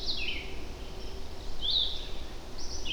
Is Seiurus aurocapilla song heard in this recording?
no